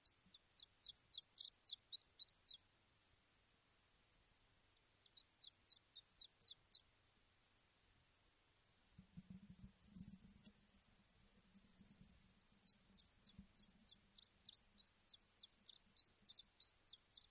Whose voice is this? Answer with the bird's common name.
Iberian Chiffchaff